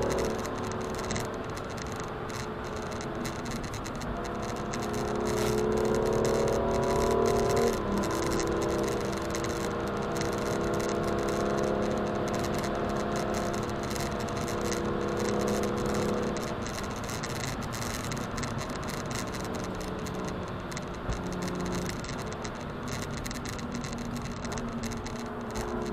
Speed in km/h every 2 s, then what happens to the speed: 158, 148, 137, 158, 168, 171, 172, 173, 167, 159, 149, 134, 111.
0-5 brakes to 137. 5-15 speeds up to 173. 15-26 brakes to 111.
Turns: none.